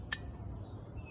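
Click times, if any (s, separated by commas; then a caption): none. A thin plastic straw is handled against the molded grooves on a spray can cap, where it is meant to stay put, with one short, bright tick at 0.1 s over a steady low rumble. The straw has not snapped into place yet, and nothing has seated.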